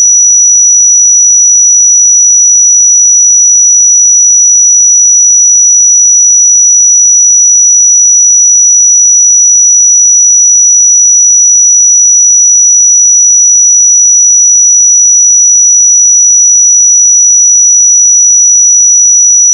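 A pure sine tone at 5876 Hz, high and piercing, holds perfectly steady for the full twenty seconds. Its pitch and loudness never change, with no pulsing, breaks or background sound, just the single thin whistle-like note.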